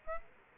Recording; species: mosquito wingbeat signal from an infrared sensor; Aedes aegypti